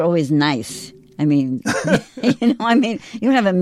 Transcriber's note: laughs